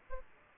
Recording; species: mosquito wingbeat signal from an infrared sensor; Aedes aegypti